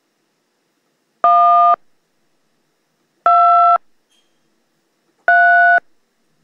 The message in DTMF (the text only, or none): 1 2 3